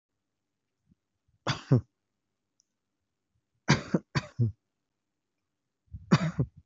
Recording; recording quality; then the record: heavy voluntary cough; excellent, no background noise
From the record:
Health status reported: healthy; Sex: male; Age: 20 years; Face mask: not worn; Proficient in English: yes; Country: India